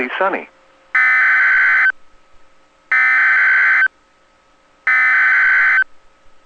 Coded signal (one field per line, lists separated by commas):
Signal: Emergency Alert System (SAME) tones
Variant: header bursts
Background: speech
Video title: EAS Blizzard Warning Saint Cloud, Minnesota and I-94 NOAA Weather Radio